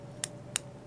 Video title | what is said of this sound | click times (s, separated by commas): Simple Suture older version | you hear that click two clicks is good cuz you know it's really clamped down on the needle | 0.2 s, 0.6 s